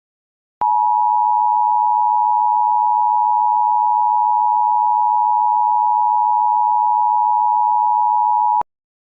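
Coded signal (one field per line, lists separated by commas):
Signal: Emergency Alert System (SAME) tones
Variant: 853 and 960 Hz attention tone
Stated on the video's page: California required monthly test.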